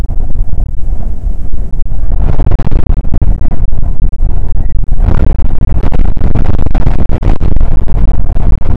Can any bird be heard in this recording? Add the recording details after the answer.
no. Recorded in the Prudhoe Bay oil fields, Alaska, on 19 July 2019 at 00:00. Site 25